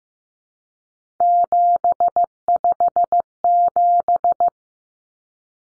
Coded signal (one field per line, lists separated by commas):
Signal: Morse code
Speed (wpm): 15 wpm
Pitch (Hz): 700 Hz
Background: none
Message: 757